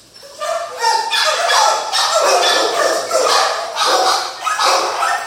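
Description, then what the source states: Dog barking almost continuously, loud hoarse barks with scarcely a gap. Dogs at a kennel.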